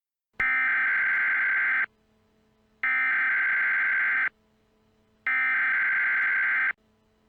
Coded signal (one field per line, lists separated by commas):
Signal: Emergency Alert System (SAME) tones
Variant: header bursts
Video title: EAS | The Attack IV